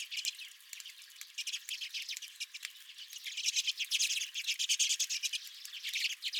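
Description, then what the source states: Redpoll flock chatter: dense, fast high twittering notes, quieter at first, then louder and busier in the second half. Redpolls at the recordist's own feeder.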